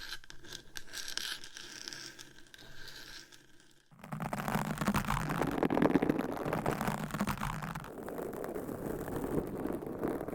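Fingernails scratch across a microphone cover, first as a fairly quiet, even scraping with a faint steady hum. Just before the four-second mark it switches abruptly to louder, dense, rough scratching with a gritty low rumble, which eases slightly near eight seconds and continues to the end.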